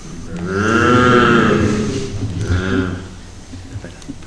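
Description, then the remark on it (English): A big black cow in a stable moos twice: a long, deep, drawn-out low then a shorter second moo, rich in harmonics, followed by quiet rustling. “The deep moo of a cow.”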